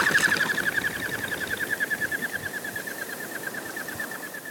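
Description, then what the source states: Common Goldeneye wing whistling, a rapid series of pulsed whistles near one pitch that slowly fades over several seconds. Wing whistling of a Common Goldeneye in flight, played back as a mystery sound; the species seldom calls except when breeding in boreal forest, not southern latitudes.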